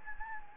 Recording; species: mosquito wingbeat signal from an infrared sensor; Anopheles gambiae